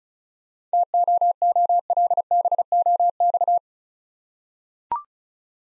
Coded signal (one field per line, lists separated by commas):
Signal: Morse code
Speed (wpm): 36 wpm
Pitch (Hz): 700 Hz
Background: none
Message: TOOLBOX